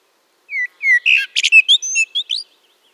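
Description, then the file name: Common blackbird sings a short phrase of clear falling whistles, then a quick burst of varied twittering and squeaky notes, in a quiet setting. "Turdus merula"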